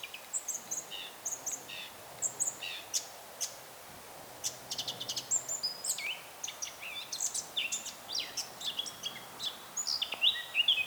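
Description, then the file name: Eurasian blackcap singing a steady stream of quick, varied high notes and short warbled phrases, with a pause of about a second near four seconds. "Sylvia atricapilla"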